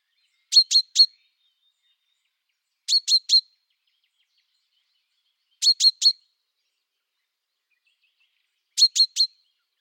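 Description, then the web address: Common chaffinch calls: sharp, high, clipped notes in quick bursts of three, each burst repeated roughly every two to three seconds, with nothing else heard. "Deverinetal"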